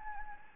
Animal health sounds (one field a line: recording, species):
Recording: mosquito wingbeat signal from an infrared sensor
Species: Anopheles gambiae